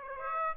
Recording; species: mosquito wingbeat signal from an infrared sensor; Aedes aegypti